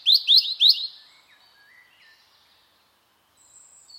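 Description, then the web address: Bird calls: three sharp whistled notes in quick succession, then softer lower twittering and a brief high note. "cianscape birddata Deverinetal 2025 File origin Bird Only Er Ru Er Ru"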